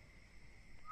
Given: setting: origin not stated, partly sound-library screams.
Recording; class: one-second piece from a danger detection set; normal situation